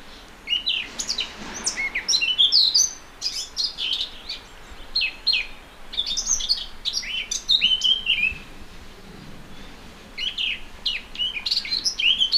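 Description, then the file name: Eurasian blackcap warbling song, lively phrases of mixed chirps and clear whistled notes repeated in several bursts over about twelve seconds, with faint background hiss. "Sylvia atricapilla"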